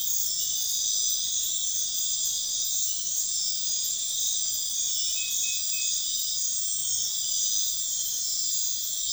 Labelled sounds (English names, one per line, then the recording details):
none
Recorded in pastures near Puerto Asís, Putumayo, Colombia, on 4 March 2025 at 03:30
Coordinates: 0.502, -76.324
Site GP07